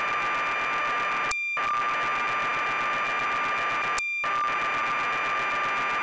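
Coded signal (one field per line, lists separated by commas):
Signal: computer data on cassette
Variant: BBC Micro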